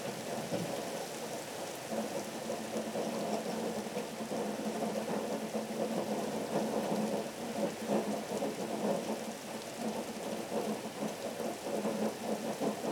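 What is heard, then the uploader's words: A thunderstorm on Martha's Vineyard brings steady, dense rain and a constant low rumble, with a faint hum beneath that holds throughout. Martha's Vineyard Thunderstorm and Harbor Waves.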